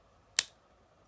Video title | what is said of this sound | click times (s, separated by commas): REVIEW 23 WFC EARTHRISE Titan class DECEPTICON SCORPONOK | you hear that snap. You're good. | 0.4 s